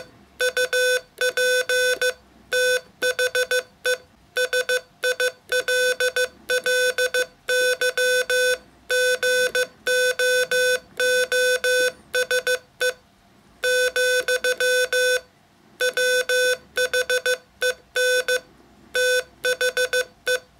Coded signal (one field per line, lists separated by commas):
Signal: Morse code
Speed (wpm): 15 wpm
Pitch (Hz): 500 Hz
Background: none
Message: UP THE SILLY GOOSE , WHEN THE